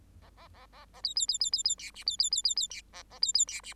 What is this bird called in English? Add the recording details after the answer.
Bengalese Finch. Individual Bird8